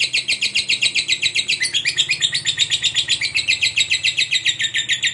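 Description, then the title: Lovebird giving a long, fast chattering trill, harsh high notes pulsing rapidly without a break through the whole stretch. Long ngekek chatter; bird described as gacor, in full persistent voice. "LOVEBIRD NGEKEK PANJANG GACOR BIKIN LATAH"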